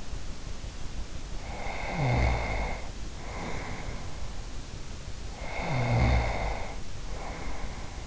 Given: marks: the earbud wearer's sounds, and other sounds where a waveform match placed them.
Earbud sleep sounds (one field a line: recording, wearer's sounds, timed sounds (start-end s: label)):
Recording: sounds in sleep by an in-ear microphone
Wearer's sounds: snoring breath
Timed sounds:
1.32-4.49 s: snoring breath
5.29-8.07 s: snoring breath